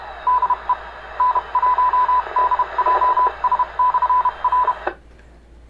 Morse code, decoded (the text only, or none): DE N1DJS/R